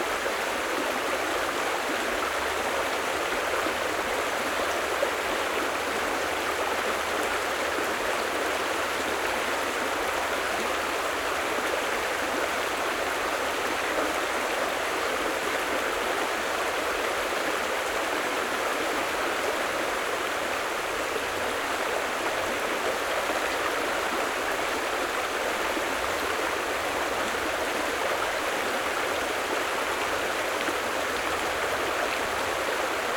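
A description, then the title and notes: A stream runs steadily through the night, its rushing water a dense, even hiss centered in the mids and upper range with little low rumble. The level barely changes from start to finish, with no distinct splashes or other sounds breaking through. Nighttime Stream Ambient Sounds.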